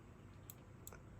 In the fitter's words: อ่าเสียงล็อคแบบนี้นะครับแล้วก็memmoryการดนะ